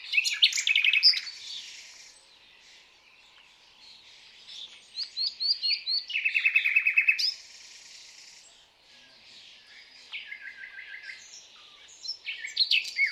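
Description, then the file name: Common nightingale song, loud phrases of rapid repeated notes and a long sustained run of pulses, with quieter stretches between phrases. "Luscinia megarhynchos"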